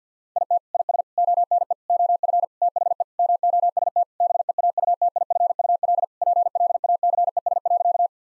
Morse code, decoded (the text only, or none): IT IS ONE OF THE MOST BEAUTIFUL PLACES.